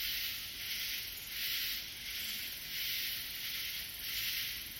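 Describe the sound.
Katydid call, a dense high-pitched rasping buzz swelling and fading in slow, even pulses.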